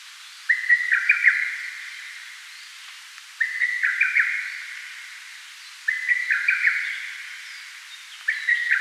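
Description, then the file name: Lesser cuckoo calling: a loud whistled phrase of several staccato, emphatic notes, given three times and starting a fourth, roughly every three seconds, over a faint steady background hiss. Recorded 25 May 2019 at 09:06. "Cuculus poliocephalus"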